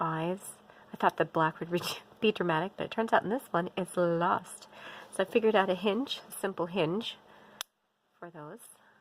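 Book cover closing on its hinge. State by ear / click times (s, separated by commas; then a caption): not seated / none. Someone talks while handling a handmade book cover on a simple homemade hinge, with a brief sharp sound near the end before a short silence and more talk. The cover has not yet swung closed, and nothing has clicked shut.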